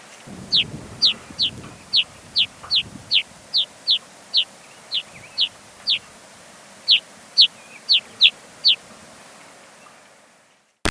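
Black Rosy-Finch calls: a series of short, high chirps, about nineteen in eight seconds, at a fairly steady pace with one longer gap, against a quiet background.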